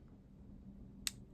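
A pop socket phone grip top is lined up by its grooves on its sticky adhesive base and twisted until it locks. Over a quiet low hum, one sharp, bright click sounds at 1.1 seconds, and the top is seated on the base.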